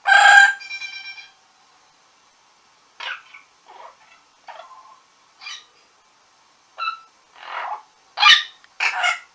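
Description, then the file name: Orange-winged amazon calls: a loud harsh harmonic squawk opens, followed by a scattered series of short squawks, chatters and clear whistled notes with pauses between them. "venesuelskii amazon"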